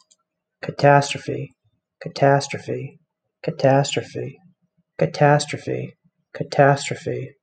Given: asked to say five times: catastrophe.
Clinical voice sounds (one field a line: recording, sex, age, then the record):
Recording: repeated word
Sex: male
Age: 30 to 39 years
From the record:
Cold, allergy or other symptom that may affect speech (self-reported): no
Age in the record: 35 years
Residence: Massachusetts, United States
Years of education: 19